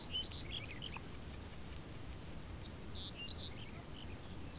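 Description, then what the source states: Birds chirping in short, high twittering notes scattered throughout, over a steady low rumble of background noise. Background ambience of a field with birds.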